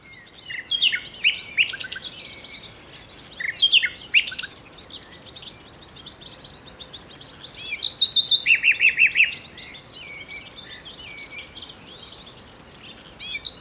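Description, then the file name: Common nightingale singing varied phrases: sharp whistles and chirps, a quick string of repeated notes near the middle, pauses between phrases. "Luscinia megarhynchos"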